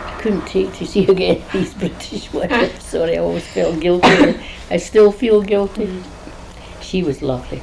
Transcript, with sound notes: Couldn't take to see again [laughs] these British ones, I'm sorry. I always felt guilty-- [laughs] I still feel guilty.
Mhm.
She was lovely.